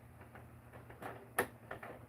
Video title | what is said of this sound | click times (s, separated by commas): UNBOXING 2011 Mattel WWE Steel Cage Match Box Set! | okay, it also clicks together up at the top, which is nice. | 1.4 s